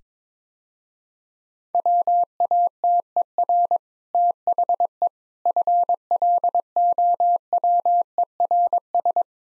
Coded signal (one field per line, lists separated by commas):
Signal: Morse code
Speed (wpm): 22 wpm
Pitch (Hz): 700 Hz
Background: none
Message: WATER THE FLOWERS